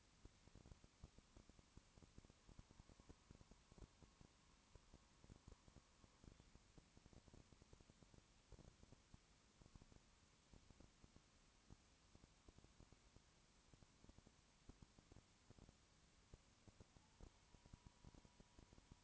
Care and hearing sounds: daily activity, microphone in the room; no activity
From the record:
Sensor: 1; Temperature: 19.2 degrees Celsius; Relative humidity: 37.8%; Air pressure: 1001.1 hPa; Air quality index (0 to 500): 197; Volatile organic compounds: 7 ppm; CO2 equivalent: 1990 ppm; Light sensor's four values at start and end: 1/2/1/1 and 1/2/1/1

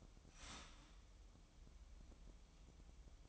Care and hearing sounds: daily activity, microphone in the room; start toaster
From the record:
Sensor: 1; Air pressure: 988.6 hPa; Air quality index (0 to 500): 197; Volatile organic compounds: 942 ppm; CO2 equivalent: 5238 ppm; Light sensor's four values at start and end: 25/94/35/37 and 25/94/35/37

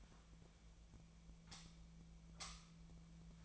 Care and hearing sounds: daily activity, microphone in the room; light off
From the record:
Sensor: 1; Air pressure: 1009.8 hPa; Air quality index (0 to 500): 189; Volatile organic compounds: 17 ppm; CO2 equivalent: 2594 ppm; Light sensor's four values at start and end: 47/134/55/63 and 36/91/38/46

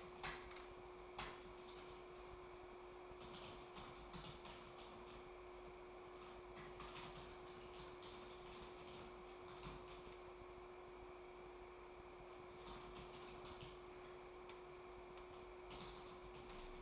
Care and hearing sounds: daily activity, microphone in the room; typing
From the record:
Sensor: 1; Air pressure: 1004.5 hPa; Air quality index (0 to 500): 196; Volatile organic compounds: 17 ppm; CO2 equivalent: 2592 ppm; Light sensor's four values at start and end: 4/11/4/4 and 4/11/4/4

